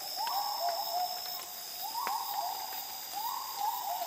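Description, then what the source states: Gibbon hoots rising and falling in quick groups, with brief louder climbs, over an insect hum. Calm dawn chorus in the jungles of the Borneo rainforest, with insects.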